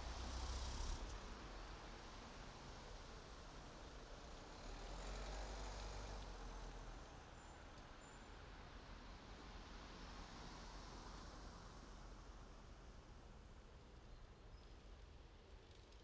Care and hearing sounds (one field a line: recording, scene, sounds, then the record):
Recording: everyday scene through a hearing-aid microphone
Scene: in traffic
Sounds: traffic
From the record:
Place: main road on the outskirts, rush hour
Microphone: in the ear canal, right